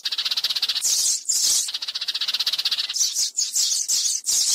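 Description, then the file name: Sparrow chattering: a fast, high, rattling stream of chirps, broken by brief bursts of sharper, shriller notes. "Tieng se chuan"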